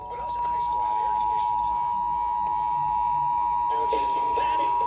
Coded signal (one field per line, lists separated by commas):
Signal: Emergency Alert System (SAME) tones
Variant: 853 and 960 Hz attention tone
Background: speech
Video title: The Never Ending Storms Part 3! EAS alerts from 7/12/2023 to 7/26/2023. [EAS #1,793 - #1,833]